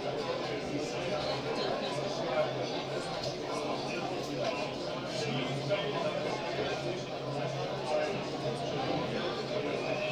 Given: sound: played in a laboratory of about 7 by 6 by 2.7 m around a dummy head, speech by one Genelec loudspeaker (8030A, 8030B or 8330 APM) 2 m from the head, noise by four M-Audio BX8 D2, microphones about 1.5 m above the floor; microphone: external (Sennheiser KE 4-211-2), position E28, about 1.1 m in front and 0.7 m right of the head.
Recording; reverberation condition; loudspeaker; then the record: cafeteria noise; low; four, about 170 cm from the corners of the room and facing them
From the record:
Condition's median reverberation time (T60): about 310 ms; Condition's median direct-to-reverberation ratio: about 3.5 dB